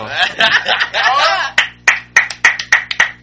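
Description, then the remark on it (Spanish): Loud, excited laughter and voices at first, then a series of about eight sharp, separate hand claps in an uneven rhythm, each one crisp and bright. “Espérense, puto, no aplaudan.”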